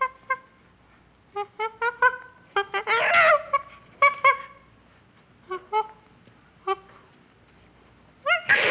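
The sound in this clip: Chimpanzee screeches, short squeals scattered between pauses, with two harsher screams, one early and one at the end.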